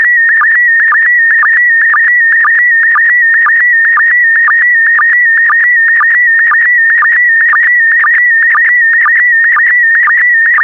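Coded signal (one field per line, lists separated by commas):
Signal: SSTV (slow-scan television)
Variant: PD120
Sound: continuous warbling whistle near 2 kHz with steady low chirps about twice a second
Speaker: get ready starting transmission in 5 4 3 2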